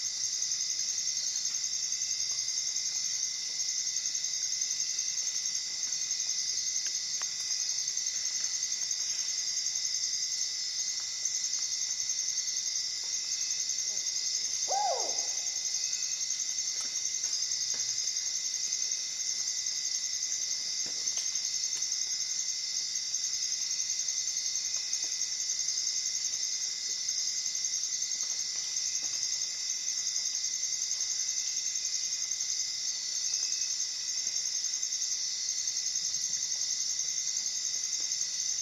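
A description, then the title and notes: Night jungle in Costa Rica: a dense, steady shrill of insects fills the air, with one brief low call around fifteen seconds. Night in the jungles of Costa Rica. Costa Rica's rainforests are lively and active at night, even if it might not seem like it.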